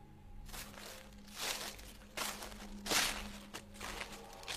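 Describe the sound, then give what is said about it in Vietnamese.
Footsteps of a person walking back at night after setting traps crunch along at an uneven pace, several soft scuffing steps with a few louder ones, over a low steady hum and no voices. “Tiếng bước chân của mình tựa như là có thêm một nhịp.”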